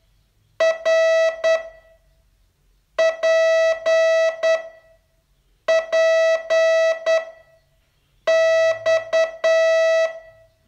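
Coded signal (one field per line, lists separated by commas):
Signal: Morse code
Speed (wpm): 9 wpm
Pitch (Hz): 650 Hz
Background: music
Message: R P P X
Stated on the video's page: Morse training lesson, day 31 of a 42-day course.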